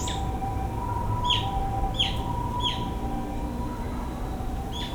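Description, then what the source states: Bird gives several sharp downward-sweeping chirps, then pauses, over constant low rumbling noise and a faint steady hum. Recorded with an Ambeo microphone.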